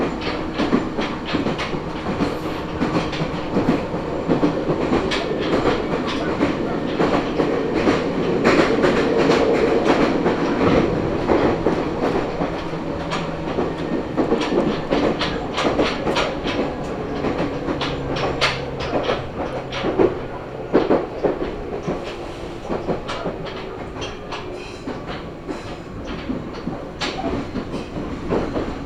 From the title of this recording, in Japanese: 名古屋鉄道 蒲郡線 蒲郡→吉良吉田